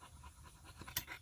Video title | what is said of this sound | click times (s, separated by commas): FN Scar 20s preview | you heard that there's the click there's the click back to suppress | 1.0 s